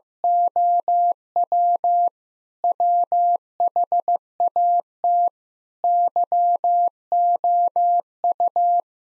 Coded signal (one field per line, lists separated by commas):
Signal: Morse code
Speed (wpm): 15 wpm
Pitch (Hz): 700 Hz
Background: none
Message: OW WHAT YOU